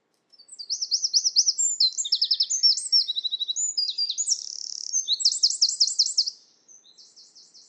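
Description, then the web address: Bird song: a fast series of high, wavering trills and buzzy notes for about six seconds, then softer repeated trills at the end. "cianscape birddata Deverinetal 2025"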